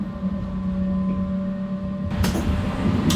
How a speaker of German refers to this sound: Es ist der 22. September und ich fahre mit der Straßenbahnlinie Rheins in Richtung Leutewitz.